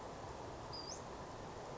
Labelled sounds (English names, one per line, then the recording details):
Western Flycatcher
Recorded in Sonoma County, California